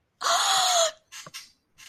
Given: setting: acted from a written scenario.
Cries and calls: vocal sound without words; elation

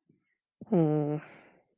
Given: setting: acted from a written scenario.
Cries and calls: vocal sound without words; neutral

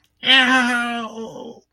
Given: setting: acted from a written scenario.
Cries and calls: vocal sound without words; pain

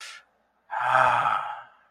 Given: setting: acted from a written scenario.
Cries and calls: vocal sound without words; contentment

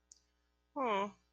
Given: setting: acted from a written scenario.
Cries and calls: vocal sound without words; disappointment

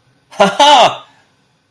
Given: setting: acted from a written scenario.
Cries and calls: vocal sound without words; elation

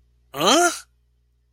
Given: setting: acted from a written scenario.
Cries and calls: vocal sound without words; confusion

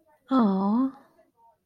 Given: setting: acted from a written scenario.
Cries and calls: vocal sound without words; disappointment

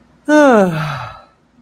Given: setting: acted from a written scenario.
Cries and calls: vocal sound without words; serenity

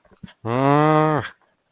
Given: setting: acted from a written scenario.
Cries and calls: vocal sound without words; anger

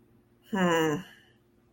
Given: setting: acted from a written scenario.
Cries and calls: vocal sound without words; shame

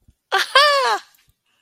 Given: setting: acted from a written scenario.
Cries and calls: vocal sound without words; triumph

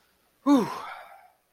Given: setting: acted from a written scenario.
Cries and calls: vocal sound without words; relief

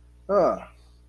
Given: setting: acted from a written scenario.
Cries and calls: vocal sound without words; neutral

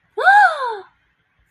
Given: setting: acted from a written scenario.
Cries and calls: vocal sound without words; positive surprise

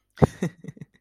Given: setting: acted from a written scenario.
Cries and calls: vocal sound without words; amusement

